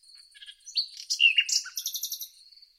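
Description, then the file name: Common nightingale song phrase: high thin notes, then a loud rich burst of rapid varied chirps and a slurred dip, over a steady high drone. "Luscinia megarhynchos"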